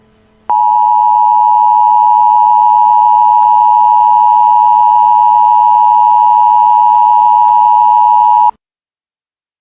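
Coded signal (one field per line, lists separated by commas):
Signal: Emergency Alert System (SAME) tones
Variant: 853 and 960 Hz attention tone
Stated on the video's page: Fictional metaphysical warning made with EAS Simulator software, not a real alert.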